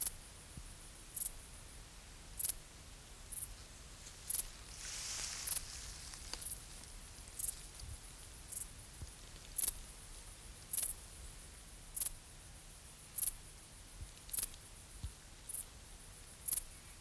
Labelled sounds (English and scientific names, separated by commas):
Dark Bush-cricket (Pholidoptera griseoaptera) stridulation